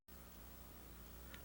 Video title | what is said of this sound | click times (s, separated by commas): Air Bag Steering Columns Vol 2 1991 (VHS) By Steven E. Young | slide it back into the connector until it snaps home | 1.3 s